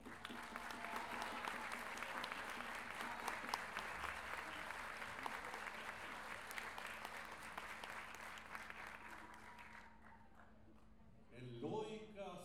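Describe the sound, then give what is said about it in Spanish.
Sustained applause from an audience at a gathering of payadores in Lo Barnechea, welcoming a payador to the stage, a dense steady clatter of many hands clapping for about ten seconds before fading, then a voice begins speaking. “Quiero que recibamos con un gran aplauso también a un amigo mío y hermano mío y amigo de ustedes también, de muchos de los que están acá,”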